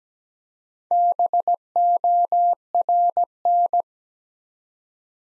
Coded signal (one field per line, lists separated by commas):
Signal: Morse code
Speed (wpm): 17 wpm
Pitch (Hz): 700 Hz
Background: none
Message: BORN